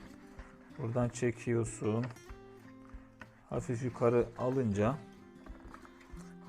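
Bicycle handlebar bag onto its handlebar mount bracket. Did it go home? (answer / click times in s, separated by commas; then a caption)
yes / 5.7 s. An Ortlieb Ultimate Six Plus 5-litre handlebar bag is lifted slightly and pushed onto its plastic quick-release bracket on a bicycle handlebar while someone talks over background music. A short click at 5.7 s marks the bag locking onto its mount, and it is seated.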